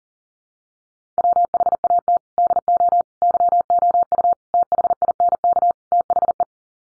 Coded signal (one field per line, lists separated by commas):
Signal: Morse code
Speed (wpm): 40 wpm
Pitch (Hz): 700 Hz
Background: none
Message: WHAT DO YOU THINK THE